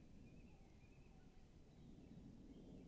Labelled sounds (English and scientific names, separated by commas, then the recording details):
Tawny Owl (Strix aluco)
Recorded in Germany
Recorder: ecoPi